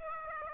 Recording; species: mosquito wingbeat signal from an infrared sensor; Aedes aegypti